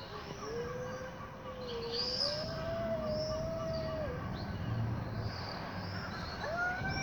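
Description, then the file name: Cat yowling: a long, drawn-out wavering wail lasting several seconds, then another rising yowl, with small birds chirping high in the background. Cats fighting while birds chirp nearby. "Catfight with birds chirping"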